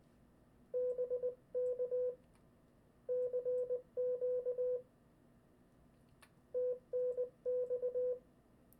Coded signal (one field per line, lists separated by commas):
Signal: Morse code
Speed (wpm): 20 wpm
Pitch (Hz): 500 Hz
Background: none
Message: BK CQ TNX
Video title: Example of a CW Practice session... From a Book??